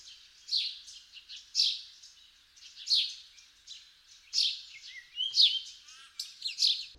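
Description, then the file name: House sparrow chirping: bright, harsh chirps roughly once a second, each dropping in pitch, with faint softer notes in between. "Passer domesticus"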